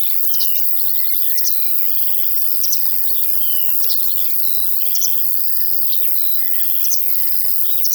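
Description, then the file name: A high, even cricket drone continues throughout as larks sing quick twittering bursts and short whistles above a faint low hum. In a field, with larks singing alongside the crickets. "Sounds from a Field Larks and Crickets"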